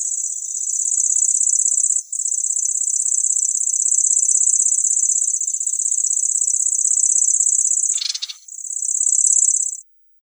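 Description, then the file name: Lanceolated warbler reeling song, a continuous high cricket-like trill broken by a short gap near two seconds, with a brief lower harsher note near the end. "Sverchok pjatnistyj"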